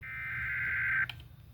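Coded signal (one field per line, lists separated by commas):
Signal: Emergency Alert System (SAME) tones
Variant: header bursts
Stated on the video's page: Flash Flood Warning relayed on WCPE-FM during a flash flood warning outbreak in the Raleigh-Durham area.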